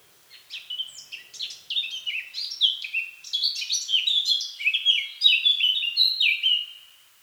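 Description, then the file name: Eurasian blackcap song: a fast, scratchy warble of varied chirping notes that runs for about six seconds, ending in clearer, more fluty phrases. "Sylvia atricapilla"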